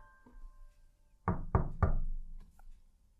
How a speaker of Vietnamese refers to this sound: Gõ muốn sập cái cửa mà vẫn không nghe một tiếng động.